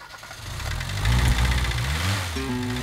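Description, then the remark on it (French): A large sedan's engine runs steadily with a deep, rumbling low hum, its pitch rising and shifting as it revs up, then settling into a higher steady drone, loud throughout with no voices. “Mais attention, dans une grosse voiture, il est facile de sombrer dans l'excès de vitesse.”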